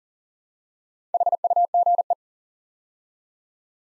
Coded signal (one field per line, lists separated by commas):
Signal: Morse code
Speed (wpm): 38 wpm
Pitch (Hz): 700 Hz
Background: none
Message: HUGE